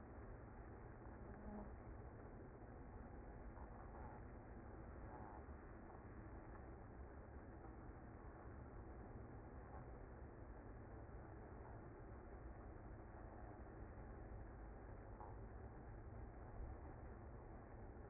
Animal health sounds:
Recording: honeybee colony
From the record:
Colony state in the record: active

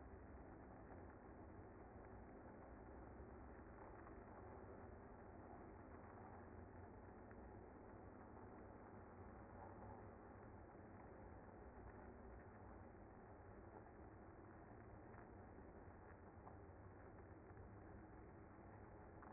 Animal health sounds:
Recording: honeybee colony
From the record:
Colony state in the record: active

